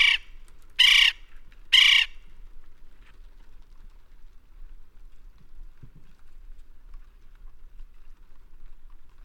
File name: west indian woodpecker